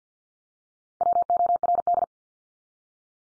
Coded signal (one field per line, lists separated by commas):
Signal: Morse code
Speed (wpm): 50 wpm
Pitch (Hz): 700 Hz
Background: none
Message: WORD